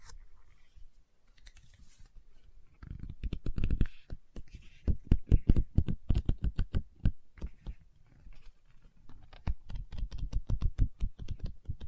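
Fingers tap and scratch on a book in rapid, uneven bursts of close, dry clicks with a deep thud under each strike. It opens quiet for about three seconds, then grows busy, with a short lull near eight seconds before the tapping resumes densely.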